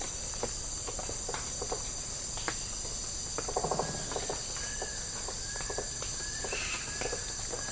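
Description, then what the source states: Rainforest insects chorus, a steady shrill drone with bursts of quick ticking. Tropical rainforest habitat.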